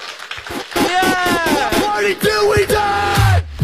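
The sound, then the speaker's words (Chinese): An audience cheers loudly for Mr. Q, with long rising whoops and shouted yells layered over a wash of clapping that carries on for several seconds. “Q， 再次把掌声送给他们，谢谢。”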